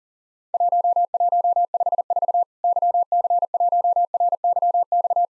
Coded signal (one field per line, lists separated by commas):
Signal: Morse code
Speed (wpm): 40 wpm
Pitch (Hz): 700 Hz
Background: none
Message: 1154 YC1RYX